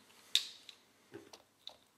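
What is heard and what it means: A plastic leg section of a large Jinbao Oversized Devastator transforming robot figure is swung down and forward, then clipped into place with a sharp click at 0.4 s. Fainter plastic ticks and knocks follow around 0.7, 1.3 and 1.7 s. The leg part is seated.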